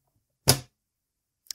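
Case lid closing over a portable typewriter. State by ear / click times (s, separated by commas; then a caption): seated / 0.5 s. The case lid of a Hermes 3000 portable typewriter is fitted over the machine to check that the new platen knob is pushed all the way in. The lid closes and latches with a sharp click at 0.5 s, followed by a fainter short tick at 1.5 s. The case is properly shut, confirming the knob is fully seated.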